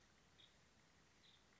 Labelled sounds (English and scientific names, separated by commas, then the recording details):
Nuttall's Woodpecker (Dryobates nuttallii)
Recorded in Sonoma County, California